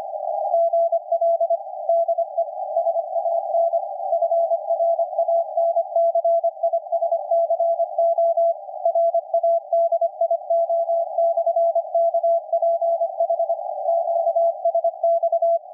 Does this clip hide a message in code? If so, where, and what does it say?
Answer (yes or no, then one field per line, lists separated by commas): yes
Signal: Morse code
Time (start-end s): 0.5-15.6 s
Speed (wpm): 25 wpm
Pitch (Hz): 670 Hz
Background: none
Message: GL DE SAN FRANCISCO RADIO/KPH QSX